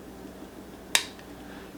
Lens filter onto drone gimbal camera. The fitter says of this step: and you heard it snap there and it fits right on